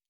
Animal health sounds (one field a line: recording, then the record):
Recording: hydrophone in a shrimp aquaculture tank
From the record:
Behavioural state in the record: normal